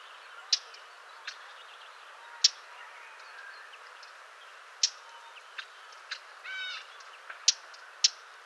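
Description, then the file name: Eurasian blackcap giving sharp, hard tack calls, scattered singly at irregular intervals over about eight seconds, with a brief buzzy harmonic note near the end. "Sylvia atricapilla"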